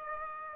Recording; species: mosquito wingbeat signal from an infrared sensor; Aedes aegypti